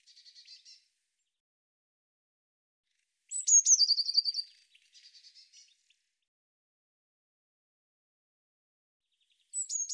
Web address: cianscape birddata Deverinetal 2025 Bird Cy Ca